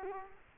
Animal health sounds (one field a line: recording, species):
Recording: mosquito wingbeat signal from an infrared sensor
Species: Culex quinquefasciatus